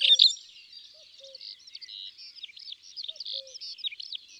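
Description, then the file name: Melodious warbler song, a brief loud burst followed by a quieter run of chattering high notes, with faint low whistled notes recurring in the background. Recorded in the countryside. "Hypolais polyglotte Chants doiseaux dans la campagne"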